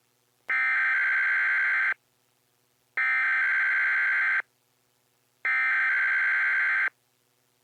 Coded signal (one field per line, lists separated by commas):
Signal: Emergency Alert System (SAME) tones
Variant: header bursts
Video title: EAS 3911-3919: Sunday Morning EAS Tests + SOME Relays From 10/23/22